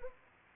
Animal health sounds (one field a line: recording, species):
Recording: mosquito wingbeat signal from an infrared sensor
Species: Anopheles arabiensis